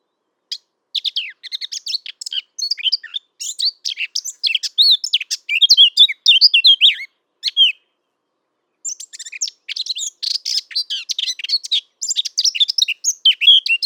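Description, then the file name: Eurasian blackcap delivering long, hurried warbling phrases of chattering and fluted notes, one short break in the middle, background otherwise silent. "Sylvia atricapilla"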